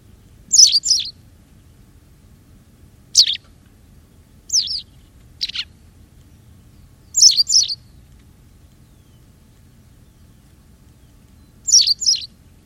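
White wagtail giving scattered sharp calls, some of them doubled, separated by pauses of up to about four seconds, over steady faint background noise.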